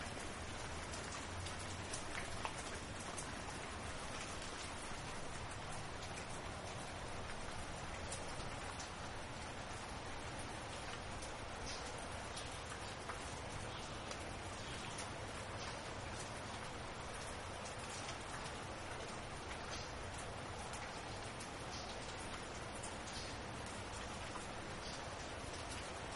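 Steady, dense rush of stormy rain and surf holds evenly throughout, a bright hiss over a low rumble, with no distinct thunderclaps standing out.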